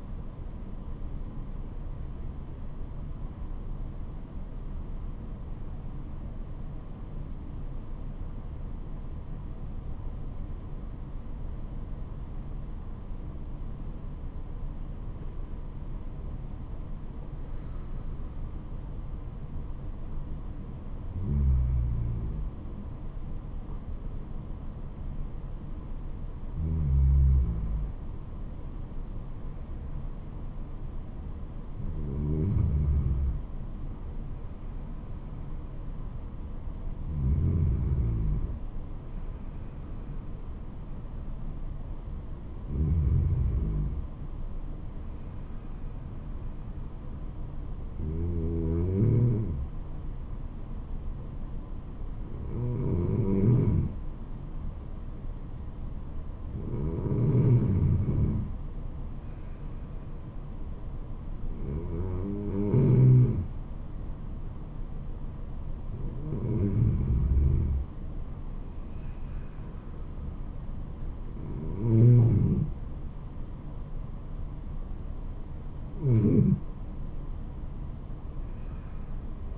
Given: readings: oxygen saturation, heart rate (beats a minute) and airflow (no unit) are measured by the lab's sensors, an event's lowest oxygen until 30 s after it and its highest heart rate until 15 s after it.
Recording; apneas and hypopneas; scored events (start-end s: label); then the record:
breathing in sleep by a smartphone at the bedside; 1
11.00-65.80 s: hypopnea (N1, oxygen 96% highest, then 94% lowest, heart rate 80 at the start, 80 highest)
From the record:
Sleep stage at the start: N1 (lightest sleep); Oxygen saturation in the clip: 94 to 96%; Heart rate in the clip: 67 to 88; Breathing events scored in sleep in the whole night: 426 in 7.4 hours asleep